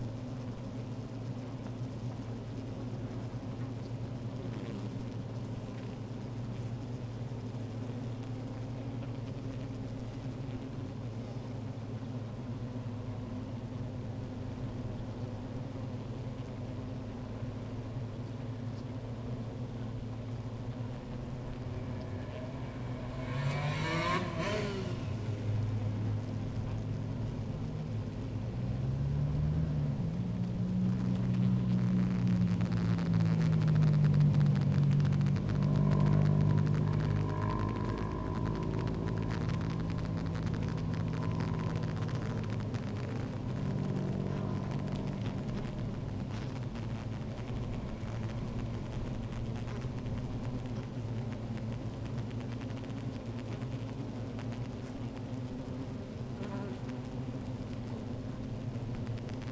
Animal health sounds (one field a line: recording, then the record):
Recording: honeybee colony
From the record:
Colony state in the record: active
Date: 28 July 2017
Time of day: 15:52